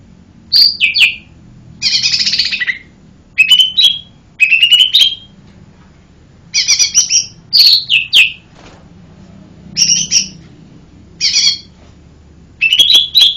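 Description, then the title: Bird song: loud mix of sweet rising whistles and harsh buzzy chatters in short bursts, separated by brief pauses. "SuaraBurung Kicau"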